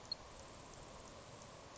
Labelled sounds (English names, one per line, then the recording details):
Grasshopper Sparrow
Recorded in Sonoma County, California